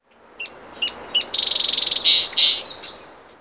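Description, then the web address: Bird calls: a few short high chirps, then a fast trill of rapid notes followed by two longer, bright whistled notes, all high-pitched against a quiet background. "daniel mahlendur"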